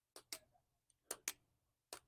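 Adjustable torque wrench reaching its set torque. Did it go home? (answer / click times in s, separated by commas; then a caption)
yes / 1.3 s. An adjustable torque wrench, with its torque set and locked, is turned until it reaches the set torque and gives a click at 1.3 s. Several other sharp ticks and clicks sound around it, at 0.2, 0.3, 1.1 and 1.9 s. The wrench clicks at its set torque, confirming it has reached the set value.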